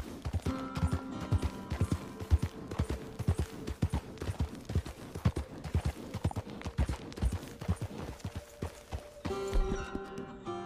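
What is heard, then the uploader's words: A horse walks at a steady, regular clip-clop, each hoof strike sharp, about two or three per second throughout. Underneath runs a soft sustained musical drone with held low and middle tones, shifting to a new chord near the end. Riding Through the World of Red Dead Redemption 2. The ambient sounds of the wilderness, wildlife, and weather. The gentle clip-clop of our horse's hooves.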